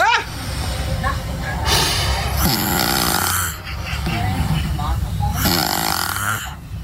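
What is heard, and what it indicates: Two loud, rough, rattling snores about four seconds apart over a low background rumble, with faint voices between, from a sleeper in the Milwaukee area.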